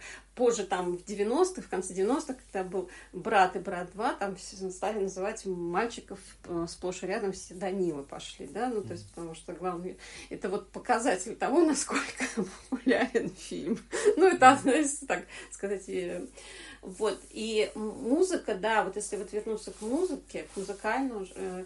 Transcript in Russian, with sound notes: как позже в 90-х, в конце 90-х, когда был «Брат» и «Брат 2» – там все стали называть мальчиков, сплошь и рядом все Данилы пошли, да, ну то есть, потому что главный – это вот показатель того, насколько популярен [смех] ну и, там, знаете, так сказать. Вот, и музыка, да, вот, если вот вернуться к музыке, к музыкальному ж…